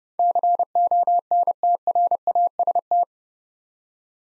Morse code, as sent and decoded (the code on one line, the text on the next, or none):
-.-. --- -. - .-. .- ... -
CONTRAST